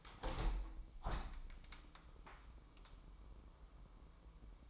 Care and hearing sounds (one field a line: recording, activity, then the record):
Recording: daily activity, microphone in the room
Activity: open window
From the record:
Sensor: 1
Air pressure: 998.6 hPa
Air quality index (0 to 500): 132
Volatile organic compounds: 4 ppm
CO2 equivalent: 1584 ppm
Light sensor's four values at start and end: 9/21/9/10 and 9/22/9/11